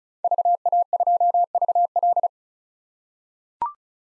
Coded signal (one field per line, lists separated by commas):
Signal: Morse code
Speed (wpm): 34 wpm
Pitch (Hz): 700 Hz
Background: none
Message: VA2VL